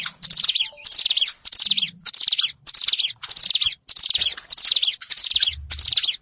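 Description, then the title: Prinia song of wheezy high phrases repeated regularly with clear gaps. Recorded in a rice field. "Ciblek Sawah"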